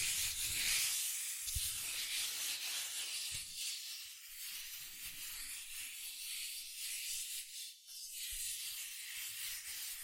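Cardboard and paper being scratched and rubbed in a steady, dense hiss, with occasional dull low taps near the start and middle.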